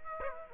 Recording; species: mosquito wingbeat signal from an infrared sensor; Aedes aegypti